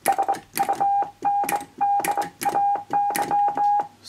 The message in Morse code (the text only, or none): SUNDAY